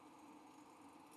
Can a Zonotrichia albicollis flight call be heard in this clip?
no